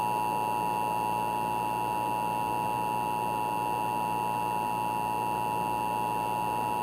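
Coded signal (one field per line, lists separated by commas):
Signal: Emergency Alert System (SAME) tones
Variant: 853 and 960 Hz attention tone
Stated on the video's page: Fictional parody EAS scenario in analog horror style.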